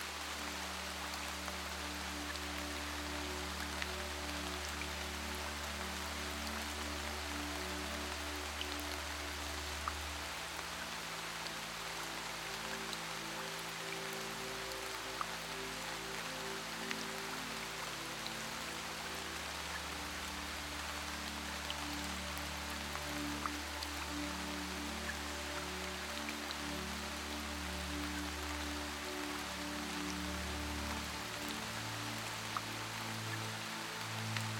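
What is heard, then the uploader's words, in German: Heavy rain pours steadily throughout, a dense, even hiss with scattered brighter drop impacts. Beneath it, soft music holds long low sustained tones that shift every several seconds, a deep bass layer rising and falling around 10 and 20 seconds. Sound von HEFTIGEM REGEN und MUSIK. Die natürlichen Schwingungen des intensiven Regens in Kombination mit musikalischen Harmonien.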